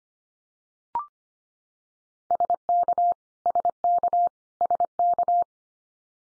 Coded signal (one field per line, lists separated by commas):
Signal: Morse code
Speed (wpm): 25 wpm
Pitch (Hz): 700 Hz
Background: none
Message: SK SK SK